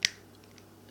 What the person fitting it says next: you can hear it click in